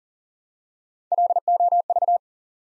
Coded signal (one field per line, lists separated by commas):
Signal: Morse code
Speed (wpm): 42 wpm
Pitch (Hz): 700 Hz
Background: none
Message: LOV